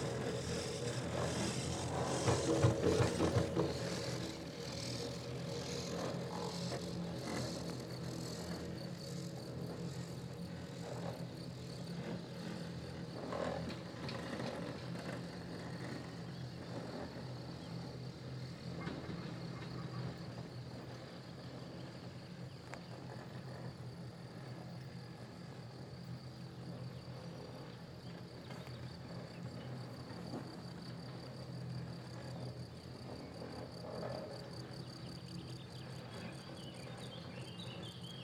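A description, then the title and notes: A chair lift hums along with a steady low mechanical drone and faint rattling. Early on, around two to four seconds, a louder clattering pass rises above it, then the sound settles into an even whir with a thin high whine. Chair lift to the Wolzenalp, Switzerland. By This Wachter. The slow journey from the valley to the mountain.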